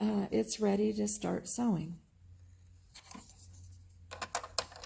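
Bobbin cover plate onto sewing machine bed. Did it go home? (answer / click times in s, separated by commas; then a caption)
yes / 4.6 s. Someone talks for the first two seconds. Then a plastic bobbin cover plate is pressed back onto a sewing machine bed after a few soft clicks and taps. It snaps into place with a sharp click at 4.6 s, and the cover is seated.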